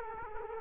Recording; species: mosquito wingbeat signal from an infrared sensor; Culex quinquefasciatus